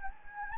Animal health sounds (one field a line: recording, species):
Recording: mosquito wingbeat signal from an infrared sensor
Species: Anopheles gambiae